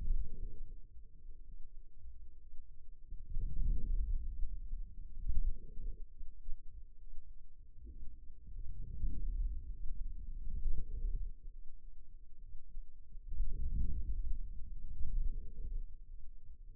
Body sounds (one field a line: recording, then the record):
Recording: forearm muscle sounds (acoustic myography)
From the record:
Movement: outward rotation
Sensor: system 2, bracelet of six BSWA MPA416 microphones around the upper forearm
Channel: 6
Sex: male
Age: 22 years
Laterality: right